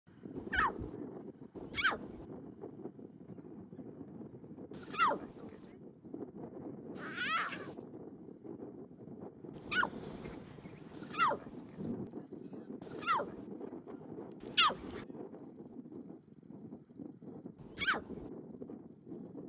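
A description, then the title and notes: Young lion cubs call in short, bright mewing cries, about every one to two seconds at first and then spaced a little wider, each one a quick rising squeal. Underneath runs a steady low rumbling murmur, with a brief hissing patch near the seven-second mark. Baby Lions In the Jungle.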